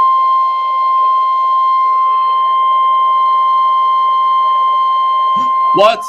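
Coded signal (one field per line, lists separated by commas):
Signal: Emergency Alert System (SAME) tones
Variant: 1050 Hz attention tone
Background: speech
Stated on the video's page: Self-activated unrecognized message during a Required Weekly Test recording; no sound.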